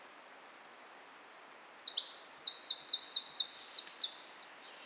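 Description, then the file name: Eurasian wren song: shrill, hurried notes build into loud repeated phrases and quick trills, stopping suddenly after about four seconds. "Troglodytes troglodytes"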